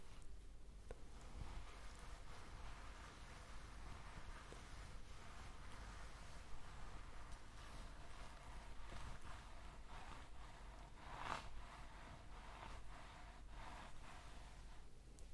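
Hair brushing and scalp massage over a steady low hum, with soft rustling strokes repeating every second or so throughout. The scratchy texture thickens in the second half, with a sharper, brighter stroke near the eleven-second mark.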